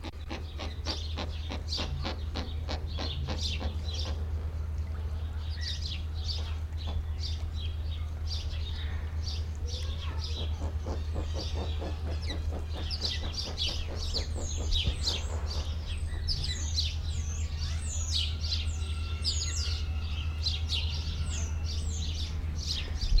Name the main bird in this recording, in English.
Roseate Spoonbill